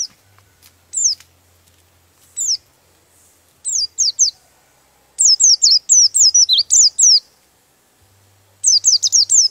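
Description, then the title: Bird song: a few scattered high chirps open, then dense runs of sharp, repeated downslurred notes with a pause between them. Master recording used for training birds. "Master Burung Jos"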